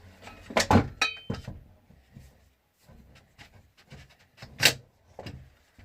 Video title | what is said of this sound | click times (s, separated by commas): Pompe 870 remington tactical démontage et remontage pour nettoyage | une fois que vous avez entendu ce clac de canon | 4.7 s